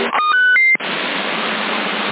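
A quick sequence of pure electronic CB radio roger-beep tones in Sassari: two distinct tones, the second quieter and lower, then the radio set's own beep, over a hiss of radio static, then a click as a steady wash of white noise takes over.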